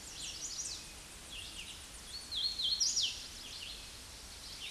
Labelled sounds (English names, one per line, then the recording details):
Hooded Warbler song
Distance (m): 20 m
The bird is about 10 m above the microphone
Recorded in a Pennsylvania forest on 16 May 2024 at 08:25
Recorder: AudioMoth, point MSD-0079
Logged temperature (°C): 16.1 °C
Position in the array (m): 165 m, 94 m